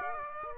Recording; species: mosquito wingbeat signal from an infrared sensor; Aedes aegypti